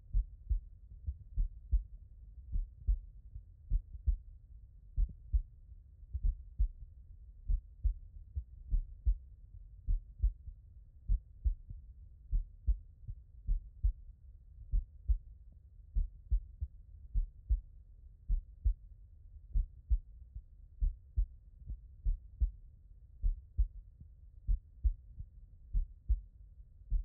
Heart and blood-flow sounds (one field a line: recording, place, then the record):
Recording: heart sounds by stethoscope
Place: tricuspid valve (TV)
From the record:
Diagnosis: non-HFrEF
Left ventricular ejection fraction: 60%